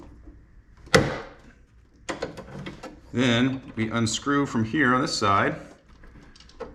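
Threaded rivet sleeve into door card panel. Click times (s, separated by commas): 0.9 s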